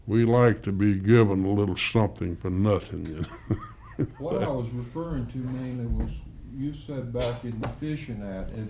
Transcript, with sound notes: we like to be given a little something for nothing, you know.” [laughs]
What I was referring to, mainly, was you said back in furnishing that,